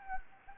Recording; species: mosquito wingbeat signal from an infrared sensor; Anopheles gambiae